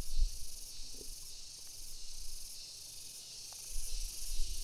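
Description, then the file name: Cicada song, a steady, high, hissing drone with gentle pulsing swells, over low rumbling water from irrigation channels. In Galunggung with rice field irrigation water, October 2016. "suara pengairan sawah dan tonggeret"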